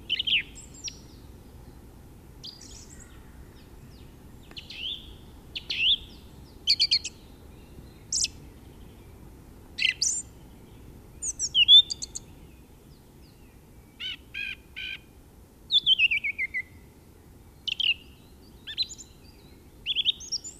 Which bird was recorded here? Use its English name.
Song Thrush